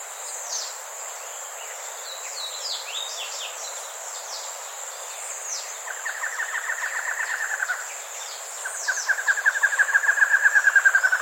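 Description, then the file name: Bird trilling twice in the second half, a softer run followed by a louder one, after several seconds of faint high chirps. "SABIOD 50 bird 2015"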